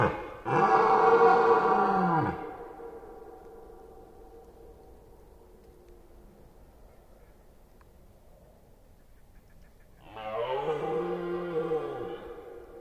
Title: Red Deer Rut - Forêt d'Orleans, France